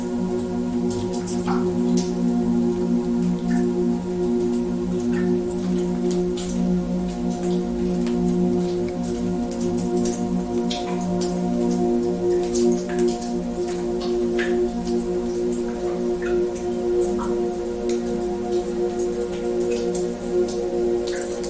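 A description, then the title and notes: Water drops patter and tick irregularly but constantly over a steady, low droning hum with a faint ringing tone that never changes. Incredible Water Drops Sounds.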